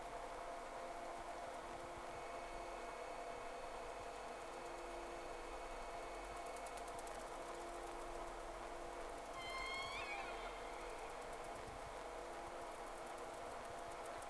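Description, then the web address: Whale whistles: a brief cluster of rising, overlapping tonal sweeps near the ten-second mark, over steady hiss and a constant low hum. Two whales, recorded 3 October 2006 during the first round. "Sea Snake 10-3-06 Whales X 2"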